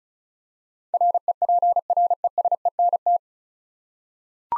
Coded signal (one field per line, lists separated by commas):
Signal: Morse code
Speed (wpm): 36 wpm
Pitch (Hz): 700 Hz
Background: none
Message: REPRESENT